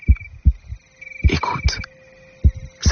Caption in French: Un cœur qui bat.